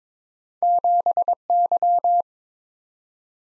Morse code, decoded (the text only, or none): 7Y